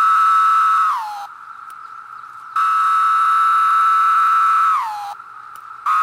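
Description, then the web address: Linnaeus's 17-year cicada song: loud sustained buzzing drones that sag downward at their ends, separated by softer background buzz. "The Songs of Insects. Linnaeus's 17-year Cicada"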